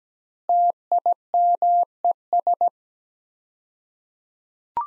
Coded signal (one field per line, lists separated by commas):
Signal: Morse code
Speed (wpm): 17 wpm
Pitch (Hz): 700 Hz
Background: none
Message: TIMES